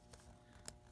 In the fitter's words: gentle clicking noise and then we'll reapply this sticker because